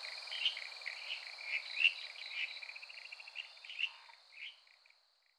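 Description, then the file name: Ryukyu kajika frog: scattered high chirps and a brief rapid trill, fading out near the end, over a steady high hum. "Buergeria japonicus"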